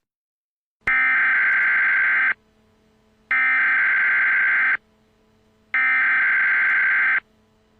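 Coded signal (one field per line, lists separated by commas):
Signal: Emergency Alert System (SAME) tones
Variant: header bursts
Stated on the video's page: Simulated EAS alert in a fictional alien invasion scenario.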